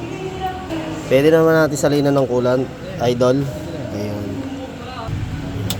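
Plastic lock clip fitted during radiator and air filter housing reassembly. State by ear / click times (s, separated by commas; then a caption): seated / 5.7 s. During reassembly after a radiator and coolant replacement on a Toyota Vios Superman Dual VVT-i, a plastic lock clip for the radiator and air filter housing is inserted and pressed home. Someone talks over a low background hum, and the clip snaps in with one sharp click at 5.7 s, seating it locked.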